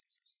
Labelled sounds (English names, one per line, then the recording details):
Yellowhammer song
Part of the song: start
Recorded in the Czech Republic on 22 May 2013
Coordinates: 49.074, 18.032
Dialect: BC
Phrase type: C60
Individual 298986